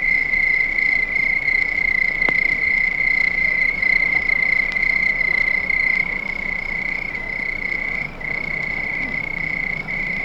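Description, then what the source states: Cricket chorus, a continuous shrill ringing tone that briefly dips a couple of times near the end. Crickets at night.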